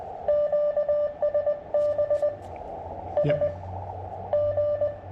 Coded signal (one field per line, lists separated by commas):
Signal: Morse code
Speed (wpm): 21 wpm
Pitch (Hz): 600 Hz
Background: radio noise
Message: QSB S G